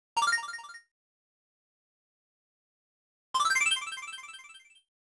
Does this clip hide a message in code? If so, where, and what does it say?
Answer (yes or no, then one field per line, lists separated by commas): no